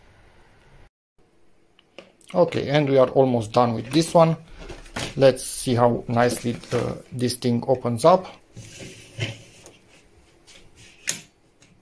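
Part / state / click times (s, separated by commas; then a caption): suitcase handle/latch mechanism in the luggage shell / seated / 11.1 s. Someone talks while operating the handle or latch mechanism on a WINGS Goose Coffee hard-shell rolling suitcase to see how it opens. A few faint knocks follow the talk, then the mechanism locks into position in the luggage shell with a sharp, loud click at 11.1 s, and it is seated.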